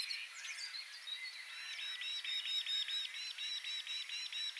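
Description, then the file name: Common blackbird calls: a few varied notes, then a fast run of sharp, even repeated notes. "Turdus merula"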